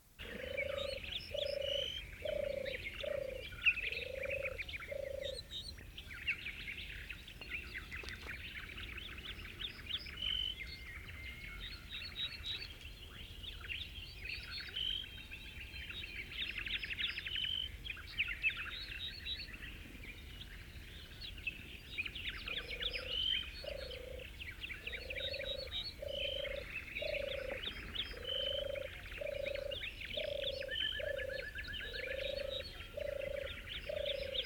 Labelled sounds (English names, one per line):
Ortolan Bunting song
European Turtle Dove
Common Pheasant